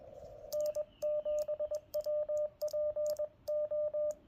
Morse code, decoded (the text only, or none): N7WPO